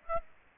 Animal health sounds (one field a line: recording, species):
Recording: mosquito wingbeat signal from an infrared sensor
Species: Aedes aegypti